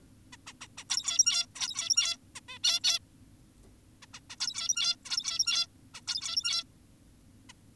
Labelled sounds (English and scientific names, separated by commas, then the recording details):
Zebra Finch (Taeniopygia guttata)
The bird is an adult
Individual g17y2U